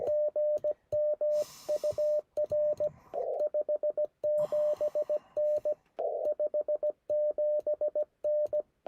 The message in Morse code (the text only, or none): GM UR 57N 57N